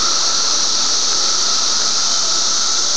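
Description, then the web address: Cicadas, a steady unbroken high-pitched buzzing drone that holds at one level throughout. Recorded 23 May 2004. "fleur cicadas"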